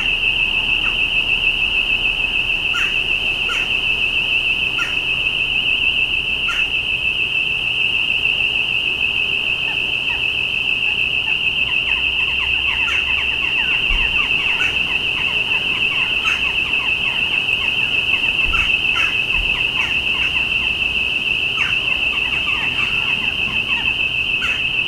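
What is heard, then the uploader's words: Birds chirp in short, scattered bursts, busiest midway, over a steady high-pitched whine that holds unbroken throughout, with a low rumble underneath. Birds of Llanelli.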